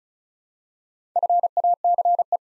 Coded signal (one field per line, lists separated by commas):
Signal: Morse code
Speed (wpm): 36 wpm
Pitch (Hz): 700 Hz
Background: none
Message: FACE